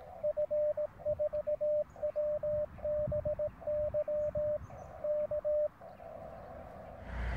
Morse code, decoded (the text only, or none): F4WBY K